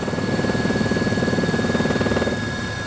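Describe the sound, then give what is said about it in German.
A helicopter flies steadily over Malta, its rotor blades producing a rapid, rhythmic low thumping over a continuous engine whine with a high-pitched tonal hum, loud and unbroken throughout. “Fennec hatte allerdings die Gelegenheit benutzt, mir per Hubschrauber halb Malta aus der Vogelperspektive zu zeigen.”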